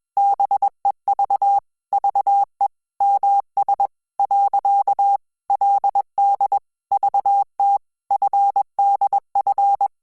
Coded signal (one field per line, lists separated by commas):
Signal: Morse code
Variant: Korean alphabet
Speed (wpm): 21 wpm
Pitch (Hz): 800 Hz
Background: none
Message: 달 라 며 . 그 러 는